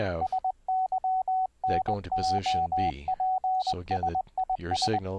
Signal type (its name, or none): Morse code